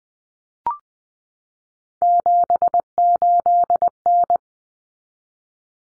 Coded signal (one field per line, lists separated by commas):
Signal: Morse code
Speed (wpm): 20 wpm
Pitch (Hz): 700 Hz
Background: none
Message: 78N